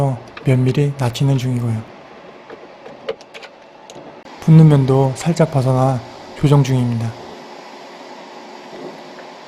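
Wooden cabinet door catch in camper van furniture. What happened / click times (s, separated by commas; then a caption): The cabinet door is still being adjusted; no catch has engaged / none. Someone adjusts the catch on a wooden cabinet door in the furniture of a self-built camper van while talking, with a few faint short knocks around 3.1 to 3.9 seconds between the speech. The door is only being handled and adjusted, and nothing has seated or clicked yet.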